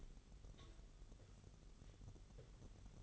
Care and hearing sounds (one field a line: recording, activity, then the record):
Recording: daily activity, microphone in the room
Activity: take from stove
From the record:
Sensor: 4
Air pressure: 989.1 hPa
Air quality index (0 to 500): 208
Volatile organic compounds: 56 ppm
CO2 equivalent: 3375 ppm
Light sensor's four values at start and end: 29/97/36/38 and 29/98/36/38